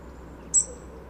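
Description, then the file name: European robin call, a single thin, very high-pitched note against faint background hum. "Erithacus rubecula"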